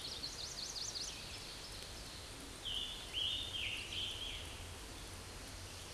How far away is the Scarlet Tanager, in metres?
about 35 m